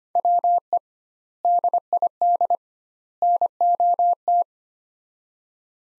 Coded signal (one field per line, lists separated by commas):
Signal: Morse code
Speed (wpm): 25 wpm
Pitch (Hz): 700 Hz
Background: none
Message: WE DID NOT